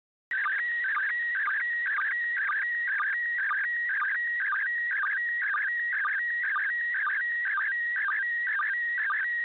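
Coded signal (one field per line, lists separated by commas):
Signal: SSTV (slow-scan television)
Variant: PD 120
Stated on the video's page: Live SSTV images from the International Space Station received with an old rabbit-ears TV antenna.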